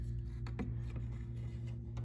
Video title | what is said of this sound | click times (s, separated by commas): How To Change A Chevy Suburban License Plate Light 2019 - 2021 Remove Replace Bulb - Chevrolet DIY | line this up tighten it up so you hear that click | 0.5 s, 0.6 s